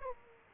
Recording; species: mosquito wingbeat signal from an infrared sensor; Aedes aegypti